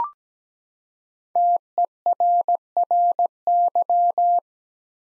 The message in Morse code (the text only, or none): TERRY